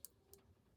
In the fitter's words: to go ahead and push that SIM card in until it clicks